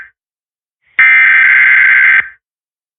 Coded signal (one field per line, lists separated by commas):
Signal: Emergency Alert System (SAME) tones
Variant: header bursts